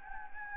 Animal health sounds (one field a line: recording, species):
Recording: mosquito wingbeat signal from an infrared sensor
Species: Anopheles gambiae